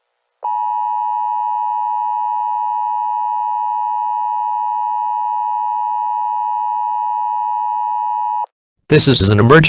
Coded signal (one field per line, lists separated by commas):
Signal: Emergency Alert System (SAME) tones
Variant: 853 and 960 Hz attention tone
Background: speech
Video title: Clean Up Day: A Mini EAS Scenario